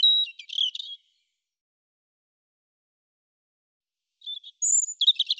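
European robin song, a short high warbling phrase, then silence, then a thin whistle leading into rapid jingling notes.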